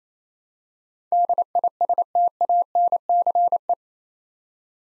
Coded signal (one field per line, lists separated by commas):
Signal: Morse code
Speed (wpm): 28 wpm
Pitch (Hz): 700 Hz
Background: none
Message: DISTANCE